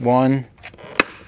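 Someone talks briefly, then a satellite dish mast is pushed further into its plastic pole mount until a second clip catches with a sharp click at 1.0 s. The mast is seated in the mount.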